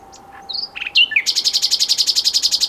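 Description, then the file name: Common nightingale song: a few whistled notes, then a fast, buzzy, high repeated trill. "Luscinia megarhynchos"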